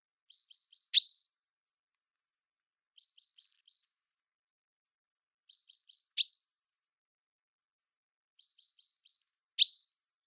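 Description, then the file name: Common chaffinch calling: a few soft, high notes, usually followed by one loud, sharp note, the sequence repeated about every three seconds in otherwise quiet surroundings. "Fringilla coelebs"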